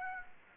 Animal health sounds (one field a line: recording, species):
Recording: mosquito wingbeat signal from an infrared sensor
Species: Aedes aegypti